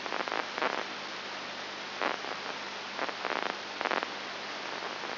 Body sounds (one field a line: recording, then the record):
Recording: brain microelectrode recording played as sound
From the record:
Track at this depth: outside the subthalamic nucleus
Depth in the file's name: 6.3 mm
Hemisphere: left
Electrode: 2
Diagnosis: Parkinson's disease